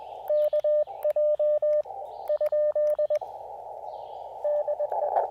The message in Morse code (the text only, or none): KJ ? DE